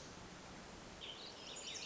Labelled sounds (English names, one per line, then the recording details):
Pacific Wren
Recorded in Sonoma County, California